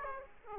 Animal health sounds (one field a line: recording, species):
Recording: mosquito wingbeat signal from an infrared sensor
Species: Aedes aegypti